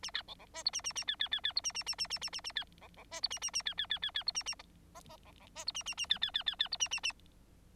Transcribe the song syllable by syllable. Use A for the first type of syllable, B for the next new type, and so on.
A B C C D E A A A B B B B E A A A A A A A A B C C D E A A A B B B B B E A A F F F C C D E A A A B B B B B E A A A